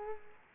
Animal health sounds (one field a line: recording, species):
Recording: mosquito wingbeat signal from an infrared sensor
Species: Culex quinquefasciatus